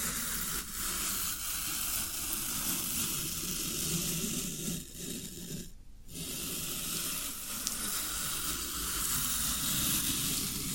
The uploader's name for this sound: Satisfying Tingle Stimulating Floral Foam Sounds